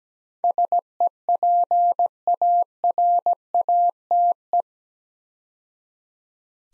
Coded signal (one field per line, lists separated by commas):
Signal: Morse code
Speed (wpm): 17 wpm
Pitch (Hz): 700 Hz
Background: none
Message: SEPARATE